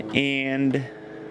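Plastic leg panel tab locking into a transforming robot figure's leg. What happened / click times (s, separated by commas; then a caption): The plastic part is being handled and has not yet seated / none. A plastic leg panel on the second side of a Takara MP-22 Masterpiece Ultra Magnus transforming robot figure is brought in toward the leg, where its tab will press in and lock into place. Someone talks over quiet handling and a low background hum. The panel has not locked yet, and nothing has seated or clicked.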